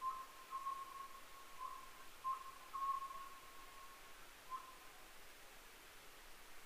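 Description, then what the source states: Oriental scops owl whistled notes in a couple of phrases, fading to a lone note after a pause, over even background hiss. Recorded 15 May 2010 at 23:06.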